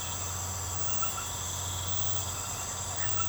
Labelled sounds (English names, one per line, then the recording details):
none
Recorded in secondary vegetation near Puerto Asís, Putumayo, Colombia, on 24 March 2025 at 22:30
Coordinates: 0.468, -76.324
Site G059